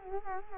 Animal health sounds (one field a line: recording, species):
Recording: mosquito wingbeat signal from an infrared sensor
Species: Culex quinquefasciatus